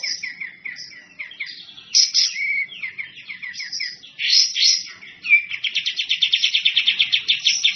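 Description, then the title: Bird song: a lively, varied run of high chirps, slurred whistles and short trills, ending in a fast, even series of repeated bright notes. Masteran compilation of bird song, described as the most complete. "Masteran burung terlengkap"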